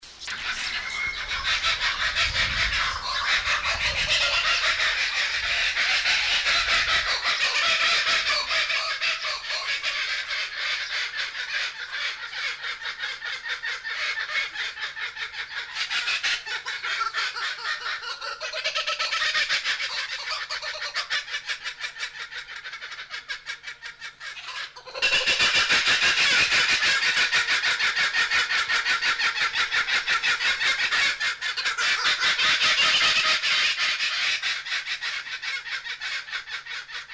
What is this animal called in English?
Laughing Kookaburra